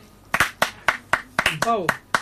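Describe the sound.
Applause in a steady, even rhythm of about eight sharp, crisp claps, with a short voiced cry rising briefly over them partway through.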